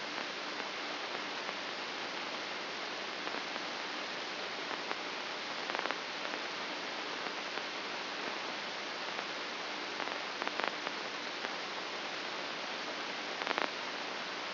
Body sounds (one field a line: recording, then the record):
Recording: brain microelectrode recording played as sound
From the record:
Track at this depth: inside the subthalamic nucleus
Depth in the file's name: 4.43 mm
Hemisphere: left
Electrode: 2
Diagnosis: Parkinson's disease